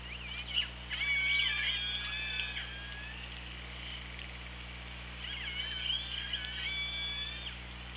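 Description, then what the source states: Orca calls: two bouts of harmonic, wavering squeals and whistles over a steady low underwater hum. Hydrophone at OrcaLab, 24 August 2017, about 17:00.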